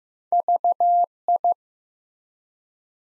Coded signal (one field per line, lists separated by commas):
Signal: Morse code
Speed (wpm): 15 wpm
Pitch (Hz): 700 Hz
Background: none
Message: VI